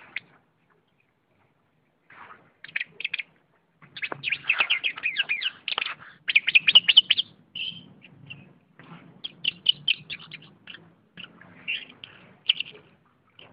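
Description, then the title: Oriental magpie-robin singing in scattered bursts of sharp, high chirps and trills separated by brief silences. "Kicau Kacer"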